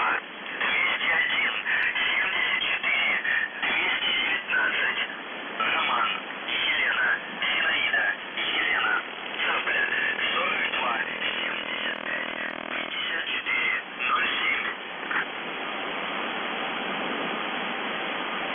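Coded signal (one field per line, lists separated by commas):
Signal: numbers station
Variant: UVB-76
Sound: a distorted male voice reading short words through heavy shortwave static and fading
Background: radio static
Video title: The Buzzer/UVB-76(4625Khz) April 12, 2021 08:03UTC Voice message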